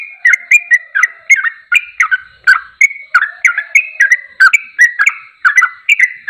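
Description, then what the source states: Yellow-vented bulbul singing a fast, steady sequence of mellow slurred whistles, roughly three notes a second, with a few sharper accents. Champion (juara) bird singing in tembakan style, used for masteran training.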